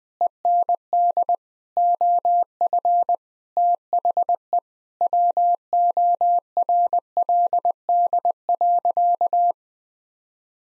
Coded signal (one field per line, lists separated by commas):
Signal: Morse code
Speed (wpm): 21 wpm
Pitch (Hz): 700 Hz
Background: none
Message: END OF THE WORLD.